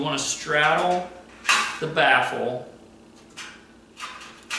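Someone talks while a metal snap-on filter hook is lined up to straddle the baffle edge on the bottom frame of a CaptiveAire kitchen exhaust hood baffle filter, before it is forced on. Only light handling sounds are heard between the talking, and nothing has snapped or clicked into place yet.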